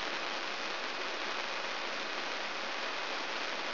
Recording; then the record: brain microelectrode recording played as sound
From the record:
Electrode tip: inside the subthalamic nucleus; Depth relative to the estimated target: -1 mm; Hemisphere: left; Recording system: AlphaMap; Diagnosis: Parkinson's disease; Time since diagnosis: 23 years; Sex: male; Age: 65 years